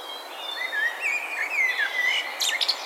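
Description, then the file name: Common blackbird song: a smooth, fluty warbled phrase that wavers up and down, with a brief burst of high chirps at the end. "Turdus merula"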